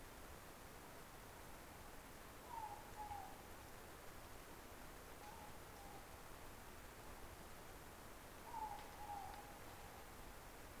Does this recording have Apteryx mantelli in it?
no